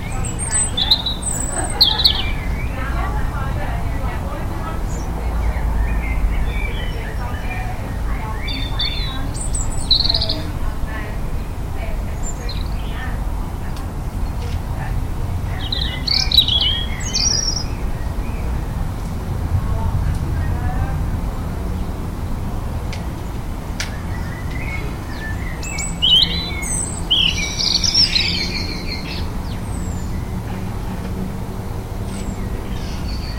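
Birds call in a Liverpool garden, with short bright chirps and tweets popping up every few seconds, busiest around the start, middle and near the end. Underneath runs a steady low rumble, and faint voices seem to murmur in the background.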